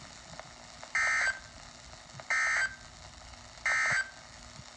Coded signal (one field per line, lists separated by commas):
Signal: Emergency Alert System (SAME) tones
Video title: EAS doubleheader flash flood warning and severe thunderstorm warning